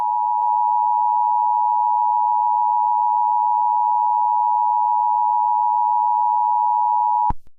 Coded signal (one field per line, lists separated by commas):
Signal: Emergency Alert System (SAME) tones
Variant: 853 and 960 Hz attention tone